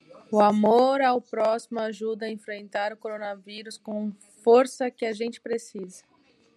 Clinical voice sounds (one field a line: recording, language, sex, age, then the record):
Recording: spoken sentence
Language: Brazilian Portuguese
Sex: female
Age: 30 to 39 years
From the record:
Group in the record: control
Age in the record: 31 years